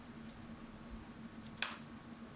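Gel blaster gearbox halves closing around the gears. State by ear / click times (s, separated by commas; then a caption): seated / 1.6 s. The plastic gearbox halves of a DR-12 Quasar gel blaster are pressed together around the lined-up gears, over a quiet, steady low hum. A single sharp, bright click sounds at 1.6 s as the gearbox shell seats.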